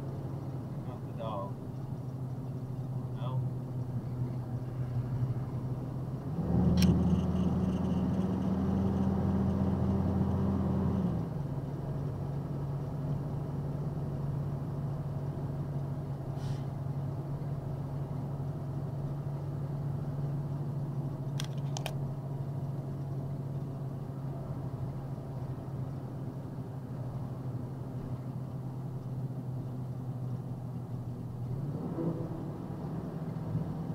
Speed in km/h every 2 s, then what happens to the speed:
66, 61, 58, 60, 64, 64, 66, 66, 64, 66, 66, 64, 63, 61, 60, 58, 55.
0-3 slows to 58. 8-21 steady at about 66. 21-34 slows to 55.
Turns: none.